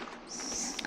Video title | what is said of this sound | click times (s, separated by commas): New Helmet, New Communications, Old Friends, and a Surprise! | nice that snapped back there that's good now let's snap it inside the cheek | 0.8 s